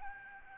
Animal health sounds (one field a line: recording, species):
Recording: mosquito wingbeat signal from an infrared sensor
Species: Aedes albopictus